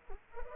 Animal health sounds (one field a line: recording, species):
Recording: mosquito wingbeat signal from an infrared sensor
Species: Culex pipiens